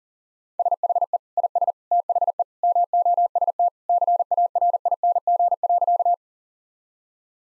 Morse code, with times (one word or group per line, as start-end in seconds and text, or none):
0.6-1.2 SHE
1.4-1.7 IS
1.9-2.4 THE
2.6-3.7 MOST
3.9-6.1 CARING.